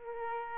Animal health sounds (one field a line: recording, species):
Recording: mosquito wingbeat signal from an infrared sensor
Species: Aedes aegypti